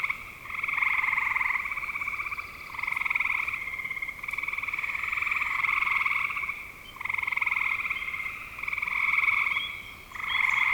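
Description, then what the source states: Frogs calling in rattling trill bouts of one to three seconds, with short quiet gaps between overlapping callers. Recorded in spring 2025.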